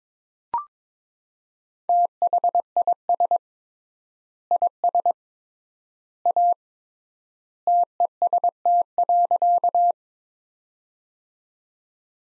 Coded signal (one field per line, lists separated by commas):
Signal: Morse code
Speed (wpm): 23 wpm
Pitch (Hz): 700 Hz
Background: none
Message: THIS IS A TEST.